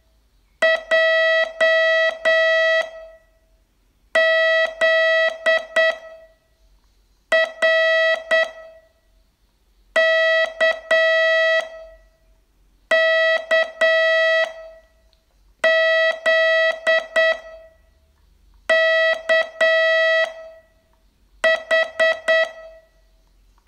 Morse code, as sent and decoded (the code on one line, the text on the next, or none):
.--- / --.. / .-. / -.- / -.- / --.. / -.- / ....
J Z R K K Z K H